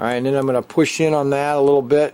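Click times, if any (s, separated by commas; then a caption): none. A plastic three-prong front strut mount is being pushed into a slot car chassis after one side is already in, while someone talks throughout. Only steady speech is heard, with no sharp snap. Nothing has seated or clicked yet.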